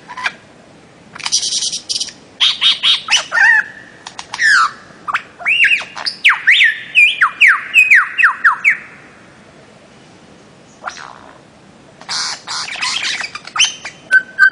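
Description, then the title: Bird-of-paradise song of scratchy squawks leading into a long chain of loud, falling, ringing notes, a quiet pause, then more harsh rasping bursts. Master song used for training songbirds. "Kicau Master Cendrawasih"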